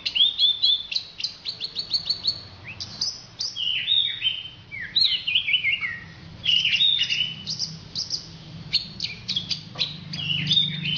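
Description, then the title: Orange-headed thrush song of fast, varied phrases: sharp downslurred whistles, short trills and clicks, delivered in quick succession with brief gaps. "Anis Merah"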